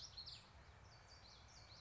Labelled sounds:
Common Yellowthroat (Geothlypis trichas)
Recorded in Sonoma County, California

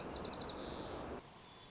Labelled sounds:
White-crowned Sparrow (Zonotrichia leucophrys)
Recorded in Sonoma County, California

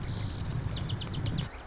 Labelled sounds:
Marsh Wren (Cistothorus palustris)
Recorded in Sonoma County, California

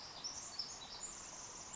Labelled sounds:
Pacific Wren (Troglodytes pacificus)
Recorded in Sonoma County, California

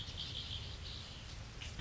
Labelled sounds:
Red-winged Blackbird (Agelaius phoeniceus)
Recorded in Sonoma County, California

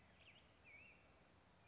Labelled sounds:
Black-headed Grosbeak (Pheucticus melanocephalus)
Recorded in Sonoma County, California

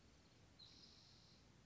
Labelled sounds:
Spotted Towhee (Pipilo maculatus)
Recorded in Sonoma County, California

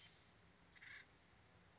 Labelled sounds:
Acorn Woodpecker (Melanerpes formicivorus)
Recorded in Sonoma County, California

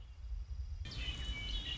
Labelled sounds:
Red-winged Blackbird (Agelaius phoeniceus)
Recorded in Sonoma County, California

